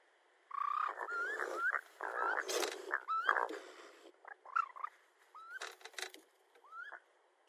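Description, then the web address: Raccoon chirping, short rising whistled notes mixed with harsh noisy bursts, delivered in irregular clusters over several seconds. Recorded 22 June 2012. "Raccoon 2012 06 22"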